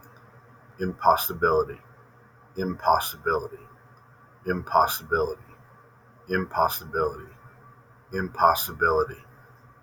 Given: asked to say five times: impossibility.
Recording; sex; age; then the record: repeated word; male; 30 to 39 years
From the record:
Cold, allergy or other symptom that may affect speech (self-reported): no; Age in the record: 35 years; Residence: Ohio, United States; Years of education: 16